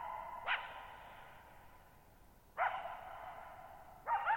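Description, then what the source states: Coyote barks, three sharp calls with brief wavering yips, each ringing on in a long fading echo. Lone coyote at night, July 14, 2019, near Thirtymile Meadows, Okanogan National Forest (Okanogan High Country), Pacific Northwest, 6400 ft; high, mostly dry plateau among tall mountains, shallow bowl-shaped meadow, boggy ground.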